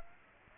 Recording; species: mosquito wingbeat signal from an infrared sensor; Aedes aegypti